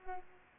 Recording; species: mosquito wingbeat signal from an infrared sensor; Culex pipiens